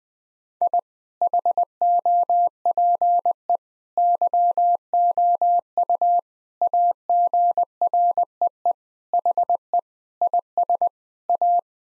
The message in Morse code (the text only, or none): I HOPE YOU AGREE HE IS A